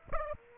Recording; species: mosquito wingbeat signal from an infrared sensor; Aedes aegypti